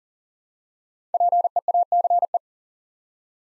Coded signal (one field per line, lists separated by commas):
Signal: Morse code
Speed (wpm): 39 wpm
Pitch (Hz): 700 Hz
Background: none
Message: PEACE